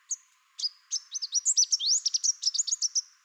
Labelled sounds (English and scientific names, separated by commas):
Chestnut-capped Warbler (Basileuterus delattrii) song